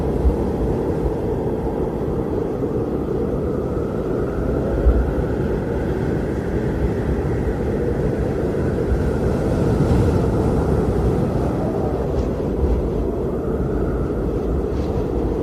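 Heavy wind roars without pause, a dense, low rumble that fills the whole stretch at a near-constant level. Faint higher whistling tones rise and fall above the roar, and a few soft gusts or knocks surface around five, ten and thirteen seconds.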